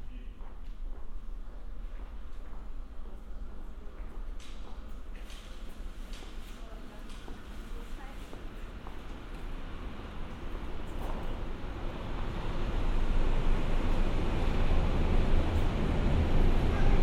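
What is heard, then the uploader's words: Evening in a subway station: a low murmur of voices and scattered footsteps and clicks fill the first half. From around ten seconds a deep rumble builds steadily, a train approaching, growing louder and heavier until it dominates by the end. U-Bhf Blissestrasse. Abends in einem Berliner U-Bahnhof. Der Alltag ertrinkt durch das Rauschen der Zuege und kehrt dann zurueck. Evening in a Berliner subway station. Everyday sounds are drowned by the rumble of trains and then returns.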